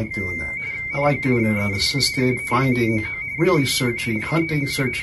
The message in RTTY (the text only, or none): N7ESU 599 391 391